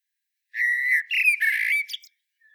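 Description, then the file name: Common blackbird delivering a single drawn-out fluted whistle that turns into a bright, squeaky twittering ending. "Turdus merula"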